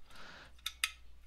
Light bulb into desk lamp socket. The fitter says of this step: cuz I'm going to clean a glass bulb anyways so I clicked into place